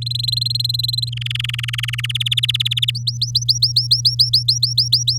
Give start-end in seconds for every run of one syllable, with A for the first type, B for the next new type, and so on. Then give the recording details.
0.02-1.09 A, 1.12-2.06 B, 2.09-2.91 C, 2.94-5.18 D. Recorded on 8 May 2018 at 07:06. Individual llb16